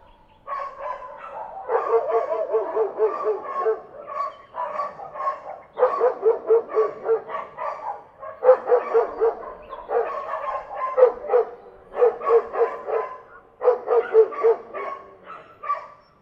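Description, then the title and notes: Dog barking in fast, uneven runs of sharp barks, several bouts separated by brief pauses. Field recording, May 2016. "Field-recordings, May 2016"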